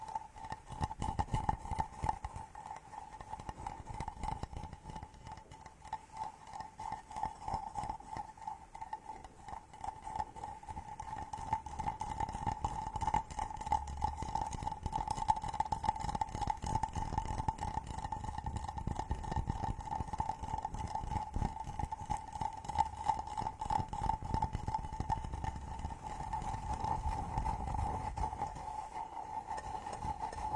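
Wooden massage tools rub and tap in a dense, rapid stream of small clicks and knocks that runs for the whole half minute, with soft low thumps underneath. A steady mid-pitched hum sits behind it throughout, and the activity grows a little louder after about ten seconds.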